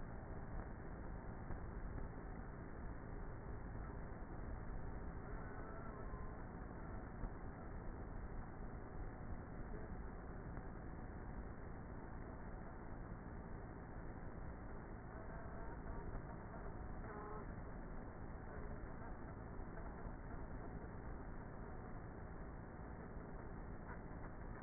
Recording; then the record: honeybee colony, microphone inside the hive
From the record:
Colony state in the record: queenless with a low population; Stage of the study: before two queens were removed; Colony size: about 30,000 bees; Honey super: no